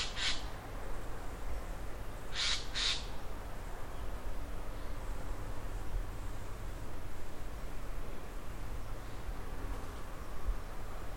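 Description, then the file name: Eurasian jay giving harsh, rasping screeches: one near the start, then a quick pair about two seconds later, over a quiet background. "kakesu"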